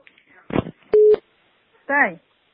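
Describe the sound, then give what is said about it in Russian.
A short, steady electronic telephone tone, bracketed by sharp clicks, follows a brief noisy burst. Afterward a short voiced sound rises and falls, like a fragment of speech. “Я не звоню никуда, вот мне целый день кто-то звонит и звонит.”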